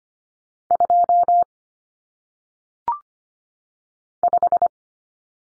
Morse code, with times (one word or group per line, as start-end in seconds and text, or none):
0.7-1.4 2
4.2-4.7 5